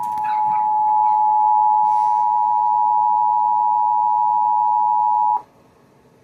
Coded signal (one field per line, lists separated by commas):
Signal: Emergency Alert System (SAME) tones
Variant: 853 and 960 Hz attention tone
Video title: EAS Capture(s) | 911 Telephone Outage Emergency | 7/11/2025 (FAIL INCLUDED)